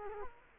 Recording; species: mosquito wingbeat signal from an infrared sensor; Culex quinquefasciatus